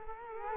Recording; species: mosquito wingbeat signal from an infrared sensor; Culex quinquefasciatus